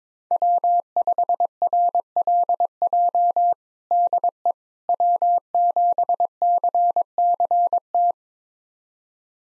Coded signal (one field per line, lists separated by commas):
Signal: Morse code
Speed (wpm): 21 wpm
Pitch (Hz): 700 Hz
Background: none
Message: W5RLJ DE W7CCT